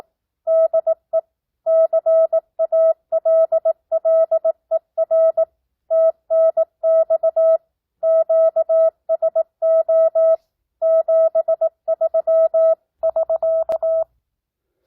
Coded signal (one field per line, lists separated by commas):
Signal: Morse code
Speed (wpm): 18 wpm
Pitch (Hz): 650 Hz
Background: none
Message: DE CALLER TNX QSO 73<SK>